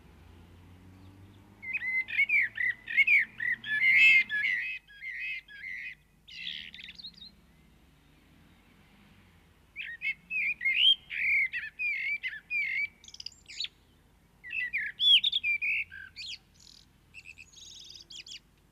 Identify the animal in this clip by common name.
Common Blackbird